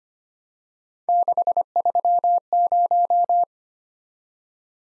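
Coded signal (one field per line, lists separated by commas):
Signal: Morse code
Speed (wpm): 25 wpm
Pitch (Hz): 700 Hz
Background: none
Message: 630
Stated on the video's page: Morse practice drill of random three-character letter and number groups at 25 wpm, each sent twice for head-copy.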